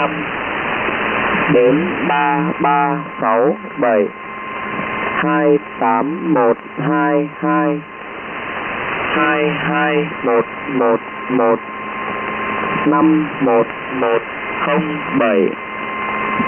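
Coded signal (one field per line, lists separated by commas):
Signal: numbers station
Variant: V30, Vietnamese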